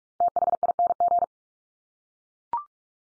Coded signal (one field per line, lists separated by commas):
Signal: Morse code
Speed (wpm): 44 wpm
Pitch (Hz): 700 Hz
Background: none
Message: THING